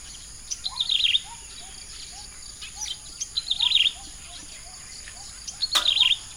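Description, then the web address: Yellow-bellied prinia song: three bursts of high, buzzy, rapidly trilled notes about every two and a half seconds, with a series of soft, lower rising whistles behind. Recorded at Sepilok, Borneo, on 3 March 2009. "SEPILOK 090303. yellow-bellied prinia"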